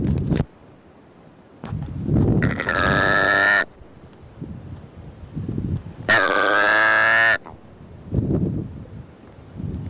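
Secretarybird giving two long, harsh, nasal croaks of about a second and a quarter each, after the end of another at the start, with low rumbling noise between.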